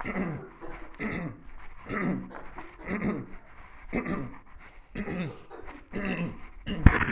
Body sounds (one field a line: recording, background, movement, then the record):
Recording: throat clearing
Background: a bystander coughing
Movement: walking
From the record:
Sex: male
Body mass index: 22.0 kg/m2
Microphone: on the chest, facing the body